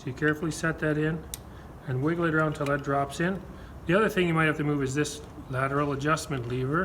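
A steel blade and cap iron are set onto the frog of a metal hand plane and wiggled while the lateral adjustment lever is moved, as someone talks throughout. Nothing has seated or clicked yet; the clip ends before the assembly pops into place.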